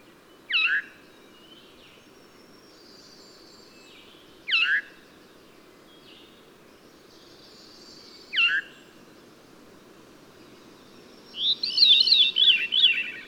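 Bird calls and song: three sharp downslurred notes about four seconds apart, faint high tones between, then a rapid warbled phrase at the end.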